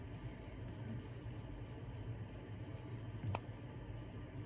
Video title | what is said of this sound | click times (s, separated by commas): Clarinet Maintenance - Learn to take apart all the keys on your clarinet - upper joint. | Hear the click. | 3.4 s